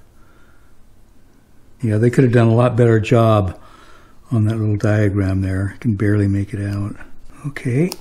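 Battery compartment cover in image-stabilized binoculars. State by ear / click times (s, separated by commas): not seated / none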